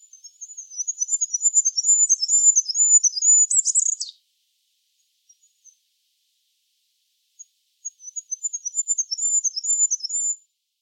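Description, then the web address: Bird call: a fast, very high twittering series of thin notes for four seconds, a few faint ticks, then a second similar twittering run after a gap. "cianscape. Deverinetal 2025. Bird Only"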